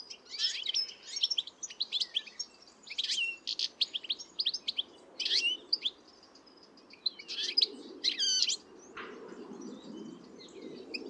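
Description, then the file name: European goldfinch twittering, bright rapid chirps and buzzy trills in clustered phrases separated by short gaps, over a soft low background hiss. "Carduelis carduelis"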